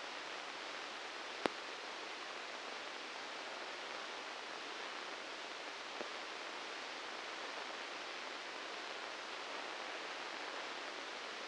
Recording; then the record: brain microelectrode recording played as sound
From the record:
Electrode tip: inside the subthalamic nucleus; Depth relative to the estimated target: -1 mm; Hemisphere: left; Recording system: NeuroSet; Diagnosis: Parkinson's disease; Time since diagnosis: 19 years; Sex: female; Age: 69 years